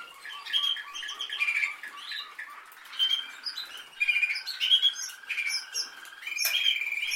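Canary singing a varied song of fast chirps and rolled trills, with bursts of louder, ringing phrases.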